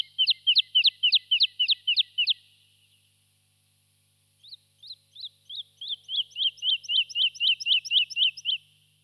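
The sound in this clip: Lark song made of a quick string of sharp high whistles, a pause of about two seconds, then a sequence of clipped notes that grows louder.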